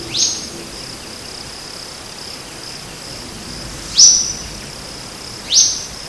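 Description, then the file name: Olivaceous woodcreeper calls: sharp, steeply rising notes ending in a high whistle, given three times with irregular gaps, over a steady high insect hiss. Recorded at Cantareira, São Paulo, Brazil, on 19 January 2014. "Sittasomus-griseicapillus-PECantareira SP-BR-19-1-14-ASilveira"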